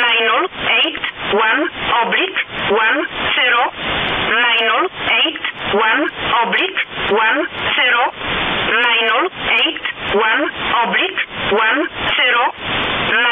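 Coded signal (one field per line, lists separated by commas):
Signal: numbers station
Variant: E11a (Oblique)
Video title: Numbers Station E11a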